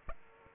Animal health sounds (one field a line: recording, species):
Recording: mosquito wingbeat signal from an infrared sensor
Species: Aedes aegypti